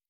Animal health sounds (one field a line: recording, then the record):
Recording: hydrophone in a shrimp aquaculture tank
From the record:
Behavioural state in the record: normal